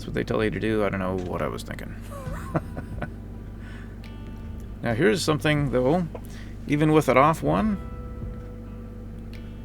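Someone talks while a rubber track thrown off a skid steer is worked back onto its undercarriage wheels with a track bar tool as the machine is moved, with music playing and a few short knocks around 2.6 to 3.0 seconds. Nothing has seated or clicked yet; the clip ends just before the track pops back into place.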